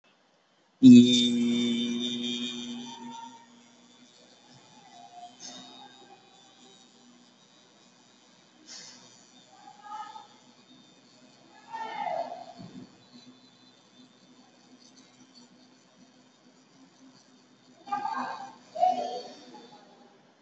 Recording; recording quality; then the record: sustained vowel as in beet; moderate, slight background noise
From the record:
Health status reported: COVID-19 positive, mild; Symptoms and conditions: none ticked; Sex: male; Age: 22 years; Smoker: not ticked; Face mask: not worn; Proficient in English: yes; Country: India